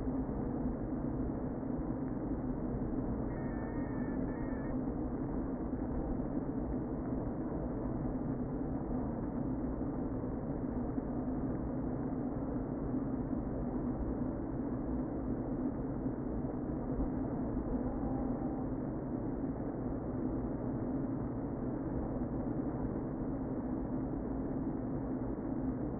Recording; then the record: honeybee colony, microphone inside the hive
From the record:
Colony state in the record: queen present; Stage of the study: before two queens were removed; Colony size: about 60,000 bees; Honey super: yes